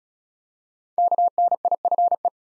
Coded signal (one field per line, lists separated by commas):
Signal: Morse code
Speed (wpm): 34 wpm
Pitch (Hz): 700 Hz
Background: none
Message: KNIFE